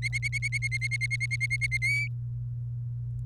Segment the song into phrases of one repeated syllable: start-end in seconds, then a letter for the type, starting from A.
0.03-1.78 A, 1.82-2.08 B